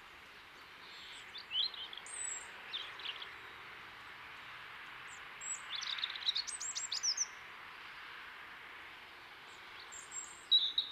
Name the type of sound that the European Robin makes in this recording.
song